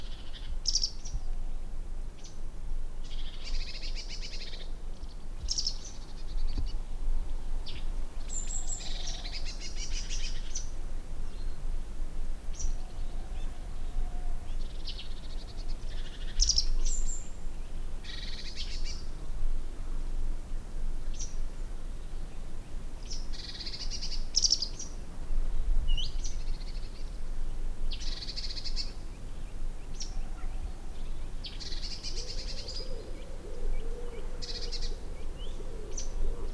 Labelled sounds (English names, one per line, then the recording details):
Canada Goose call
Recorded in the wild
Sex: diverse
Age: diverse
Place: Langasjönas, Blekinge, SE
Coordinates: 56.2286, 14.8522
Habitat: lake
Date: 2006-07-30
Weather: clear, ca. 20°C, almost no wind
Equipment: Marantz PMD 660, Sennheiser ME 66, Windkorb
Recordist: Frommolt, Karl-Heinz